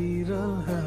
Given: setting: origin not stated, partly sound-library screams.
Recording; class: one-second piece from a danger detection set; normal situation